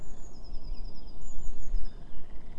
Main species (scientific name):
Cyanistes caeruleus